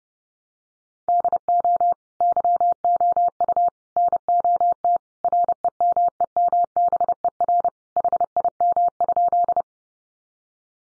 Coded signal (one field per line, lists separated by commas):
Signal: Morse code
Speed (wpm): 30 wpm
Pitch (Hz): 700 Hz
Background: none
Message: DO YOU NOT REMEMBER HIM?